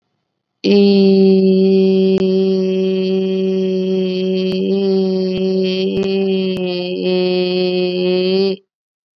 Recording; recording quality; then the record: sustained vowel as in beet; excellent, no background noise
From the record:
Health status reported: COVID-19 positive, mild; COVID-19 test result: positive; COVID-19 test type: RT-PCR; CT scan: not taken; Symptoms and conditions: cough, cold, fever, fatigue, muscle pain, another condition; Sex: female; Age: 25 years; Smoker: no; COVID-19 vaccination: none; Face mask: not worn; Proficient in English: no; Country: India